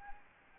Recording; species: mosquito wingbeat signal from an infrared sensor; Anopheles gambiae